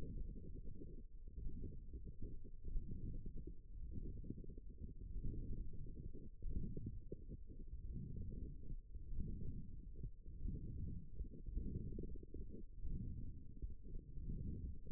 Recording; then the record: forearm muscle sounds (acoustic myography)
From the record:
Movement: thumb flexion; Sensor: system 1, eight BSWA MPA416 microphones around the upper forearm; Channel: 7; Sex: female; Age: 22 years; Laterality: right